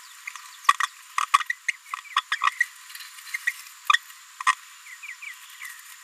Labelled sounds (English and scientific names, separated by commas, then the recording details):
Green-rumped Parrotlet (Forpus passerinus) babbling
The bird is a female
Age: 27 days
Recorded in a nest box in Venezuela
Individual 17B73B2